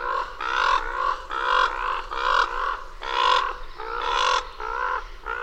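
Bird repeating loud, hoarse, nasal calls about once a second in a steady series of drawn-out notes, with no other clear sounds.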